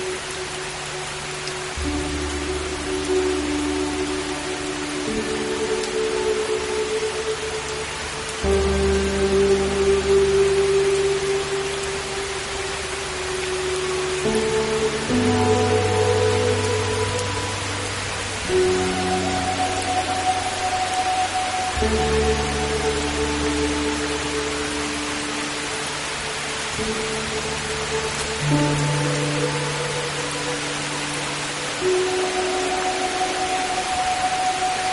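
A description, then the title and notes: Gentle spring rain hisses steadily beneath soft, sustained low chords that shift every few seconds, the even patter staying constant throughout. Gentle Spring Rain. The gentle patter of raindrops creates a soothing and calming atmosphere, as the rain washes over the earth and brings it to life.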